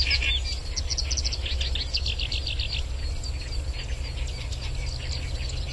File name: black browed reed warbler